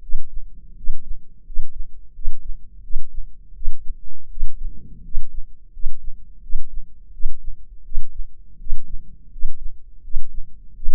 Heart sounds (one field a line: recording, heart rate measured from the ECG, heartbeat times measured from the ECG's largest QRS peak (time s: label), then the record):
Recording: heart sounds by microphone in the left ear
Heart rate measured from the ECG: 84 bpm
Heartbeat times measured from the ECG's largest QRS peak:
0.01 s: heartbeat
0.75 s: heartbeat
1.44 s: heartbeat
2.13 s: heartbeat
2.82 s: heartbeat
3.54 s: heartbeat
4.29 s: heartbeat
5.03 s: heartbeat
5.72 s: heartbeat
6.41 s: heartbeat
7.12 s: heartbeat
7.83 s: heartbeat
8.58 s: heartbeat
9.30 s: heartbeat
10.02 s: heartbeat
10.74 s: heartbeat
From the record:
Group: healthy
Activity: rest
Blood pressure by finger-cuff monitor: 141/98 mmHg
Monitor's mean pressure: 109 mmHg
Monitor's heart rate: 83 bpm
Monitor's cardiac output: 7.2 L/min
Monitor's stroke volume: 87 mL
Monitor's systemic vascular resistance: 1130 dyn s/cm5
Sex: male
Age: 23 years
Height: 179 cm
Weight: 87 kg